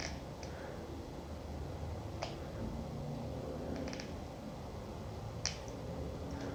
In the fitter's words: Alright, makes a little clicking noise when you get it seated properly.